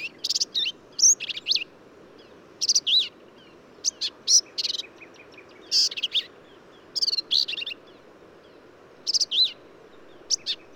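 Black-capped Vireo delivering a busy run of varied high phrases, squeaky whistles mixed with harsh chatter, coming quickly with short pauses, over faint steady background noise.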